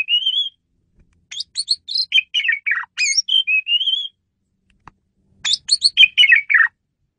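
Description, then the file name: Asian pied starling calls, a rising whistle followed by rapid squeaky and warbled notes, a pause, then another chattering burst. Female bird, used as a lure (pemikat) bird. "jalak suren betina pemikat"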